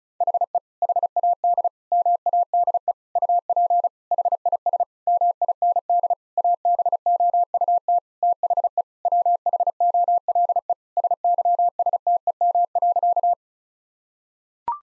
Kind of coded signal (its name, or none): Morse code